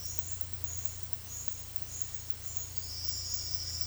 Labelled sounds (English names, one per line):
Silvered Antbird